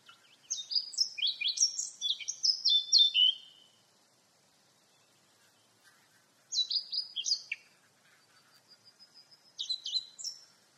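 Eurasian blackcap singing fluty, tumbling warbled phrases: a long three-second burst, a pause of about three seconds, then a shorter phrase and a final brief high flourish.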